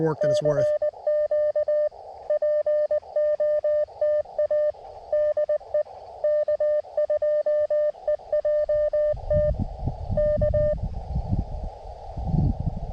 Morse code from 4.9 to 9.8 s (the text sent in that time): DE K2EJT